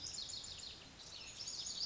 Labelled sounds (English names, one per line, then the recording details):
Lazuli Bunting
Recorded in Sonoma County, California